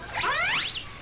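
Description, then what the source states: Orca call: one brief, harmonic-rich tone that sweeps steeply upward, then briefly dips at its end, over a faint steady background hiss. Wild killer whales.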